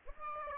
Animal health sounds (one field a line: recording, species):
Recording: mosquito wingbeat signal from an infrared sensor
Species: Aedes aegypti